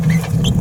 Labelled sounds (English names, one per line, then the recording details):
Green-rumped Parrotlet babbling
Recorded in a nest box in Venezuela
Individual 18B17A4